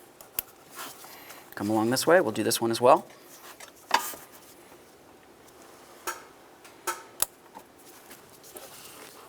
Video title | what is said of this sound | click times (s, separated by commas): How To Replace Spark Plug Wire Set 2006-2010 Ford Explorer | now we can go ahead and latch this in. | 0.4 s